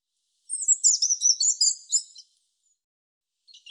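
European robin song, a fast rippling series of high twittering, trilled notes lasting under two seconds, followed by a faint brief start of another phrase.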